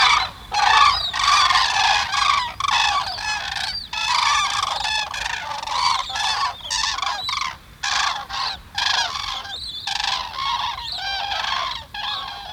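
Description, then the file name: Common cranes in a flock giving dense, overlapping trumpeting calls, loud rolling bugles from many birds with brief pauses between bursts. A colony of cranes. "Kolonie van kraanvogels - Sound Cloud - Beeld en Geluid"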